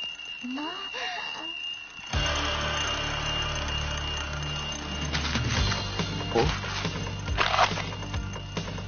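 An alarm clock goes off after a couple of seconds, a loud, steady buzzing ring that keeps sounding without pause to the end; a brief voice is heard just before it starts.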